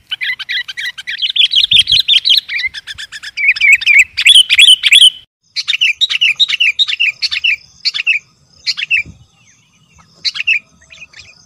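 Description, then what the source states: Lovebird chatter, a rapid burst of high twittering notes followed by separate sharp chirps. Used as a lure sound for trapping birds.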